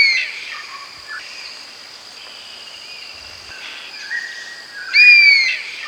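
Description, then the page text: Oriental honey buzzard giving a clear, high whistled call near the end, with fainter whistles earlier, against a constant shrill insect hum. "Oriental Honey Buzzard Call. Quick Sounds library"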